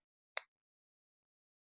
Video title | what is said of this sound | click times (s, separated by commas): First Steps: Esssential Oil Basics | if you can hear it it's going to make a little click noise when i close it | 0.4 s